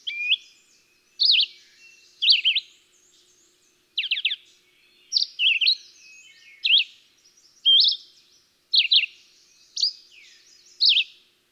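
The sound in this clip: Red-eyed Vireo song: a steady series of short, varied, slurred phrases, about one per second.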